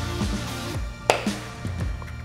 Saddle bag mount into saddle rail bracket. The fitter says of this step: itu artinya sudah terkunci dengan cukup aman dan kencang untuk